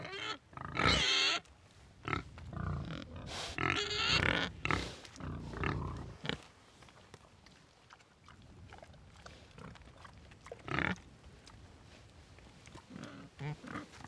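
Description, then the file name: Pig squeals and grunts, with loud harsh squeals early on and then quieter, scattered grunts and shuffling noises. Pigs recorded in the Meuse. "cochons meuse"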